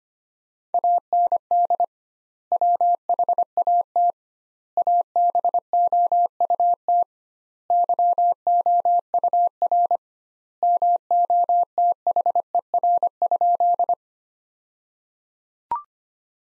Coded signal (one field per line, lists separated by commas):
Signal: Morse code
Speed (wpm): 25 wpm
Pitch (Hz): 700 Hz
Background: none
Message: AND WHAT ABOUT YOUR MOTHER?